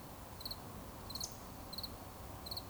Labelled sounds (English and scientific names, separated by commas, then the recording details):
Eurasian Woodcock (Scolopax rusticola) whistle
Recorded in Baden-Württemberg, Germany, on 11 June 2020 at 20:26 UTC
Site 24578, 122 m above sea level